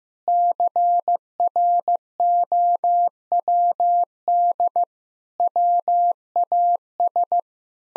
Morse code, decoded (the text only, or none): CROWD WAS